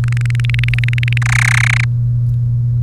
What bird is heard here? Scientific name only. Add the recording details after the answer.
Serinus canaria. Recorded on 1 May 2018 at 11:30. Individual llb3